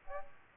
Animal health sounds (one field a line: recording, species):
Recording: mosquito wingbeat signal from an infrared sensor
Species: Aedes aegypti